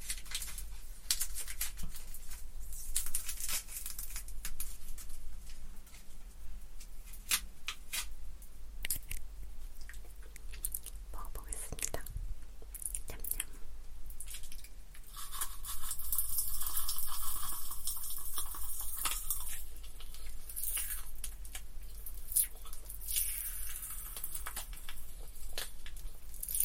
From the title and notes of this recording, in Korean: 톡톡톡 팝핑캔디 eating sound. 이번에는 소니 핀마이크로 가져왔어요.